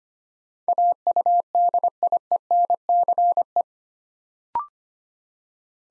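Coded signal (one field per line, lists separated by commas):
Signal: Morse code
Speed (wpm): 25 wpm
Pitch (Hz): 700 Hz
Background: none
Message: AUDIENCE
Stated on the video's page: Morse code practice at 25 wpm: 8-letter words built up two letters at a time, for instant character recognition training.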